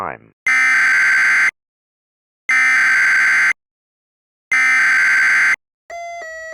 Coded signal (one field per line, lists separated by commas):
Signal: Emergency Alert System (SAME) tones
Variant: header bursts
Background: speech